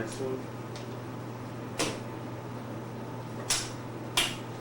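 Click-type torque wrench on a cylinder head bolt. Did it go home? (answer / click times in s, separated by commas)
yes / 4.2 s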